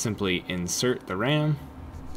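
A second 16GB RAM module is being inserted into the memory slot on the motherboard of a Synology DiskStation 1815+ NAS, pressed until its retention clips should snap. Only someone talking is heard over a faint background hum. Nothing has seated or clicked yet.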